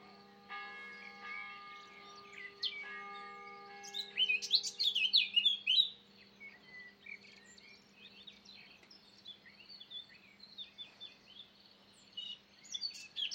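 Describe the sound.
Eurasian blackcap song: a rapid, varied warble of high chirps and twittering notes, louder after a few seconds, over a steady hum.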